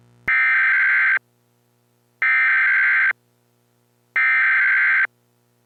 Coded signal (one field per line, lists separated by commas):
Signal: Emergency Alert System (SAME) tones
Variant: header bursts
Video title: EAS mock scenario: A lake Volcanic Eruption